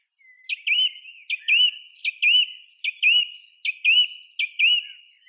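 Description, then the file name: Song thrush singing, one bright whistled phrase with a rising flick repeated about seven times in steady succession, no other sounds. "Neizvesten - Drozd pevchij Turdus philomelos"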